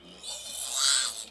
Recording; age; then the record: pig call; piglet (1 to 25 days)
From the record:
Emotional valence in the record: negative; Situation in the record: castration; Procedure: castration, fixation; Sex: male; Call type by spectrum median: high-frequency call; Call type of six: mixed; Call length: 1.31 s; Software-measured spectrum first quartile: 3812 Hz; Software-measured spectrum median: 5868 Hz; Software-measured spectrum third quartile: 8248 Hz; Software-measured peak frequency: 3948 Hz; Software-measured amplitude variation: 96 dB a second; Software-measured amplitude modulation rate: 18.7 a second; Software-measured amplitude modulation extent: 5.2 dB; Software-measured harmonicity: 1.4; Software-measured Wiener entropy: -1.61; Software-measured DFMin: 924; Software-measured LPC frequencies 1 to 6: 1433, 3385, 3984, 4649, 6573, 7777 Hz